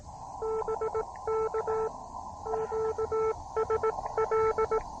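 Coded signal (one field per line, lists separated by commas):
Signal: Morse code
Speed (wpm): 18 wpm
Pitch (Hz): 440 Hz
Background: none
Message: BK QSL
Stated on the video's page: One watt POTA CW activation, off-trail.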